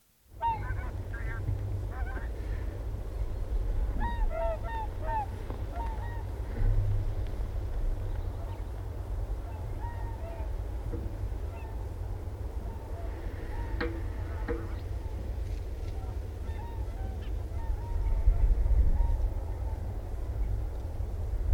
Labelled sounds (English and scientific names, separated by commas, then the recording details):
Whooper Swan (Cygnus cygnus) call
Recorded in the wild
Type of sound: call
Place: Banzelvitzer Berge, Rügen, Mecklenburg-Vorpommern, DE
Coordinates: 54.53, 13.4
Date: 1968-10-26
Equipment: NAGRA III BH, Sennheiser MD21 mit Reflektor (d=75 cm, Glasfiber) und Stativ
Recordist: Schubert, Michael
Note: Singschwäne im Fluge